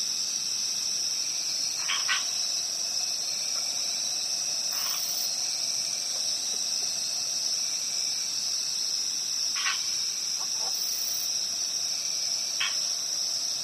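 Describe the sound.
Cricket: a steady, high continuous trill throughout, with a few brief lower sounds at intervals.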